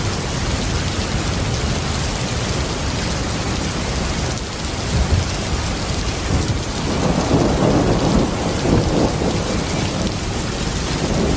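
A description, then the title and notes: Heavy rain pours down in a dense, steady hiss that fills the whole clip. From about seven seconds, a deep rumble of close thunder swells underneath and rolls on to the end, making the sound fuller and slightly louder. Close Thunder & Heavy Rain Sounds.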